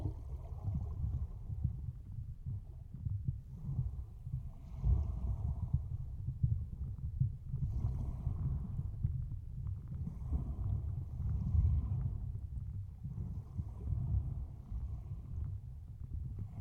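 Sea heard from underwater, dominated by a deep, churning rumble that never stops. Heavier low surges swell and ease every few seconds, near 5, 8, 11 and 14 seconds, with a muffled mid-range wash riding on top and almost nothing bright.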